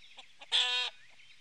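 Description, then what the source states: Chicken hen call: a short tap or two, then a single loud, strained, even-pitched note of under half a second, ending abruptly. Hens cackling.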